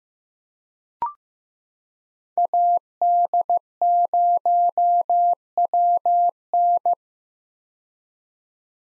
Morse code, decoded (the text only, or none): AD0WN